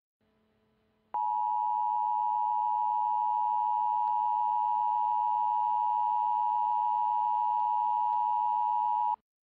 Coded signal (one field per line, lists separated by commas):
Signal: Emergency Alert System (SAME) tones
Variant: 853 and 960 Hz attention tone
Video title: Emergency Alert System Tornado Warning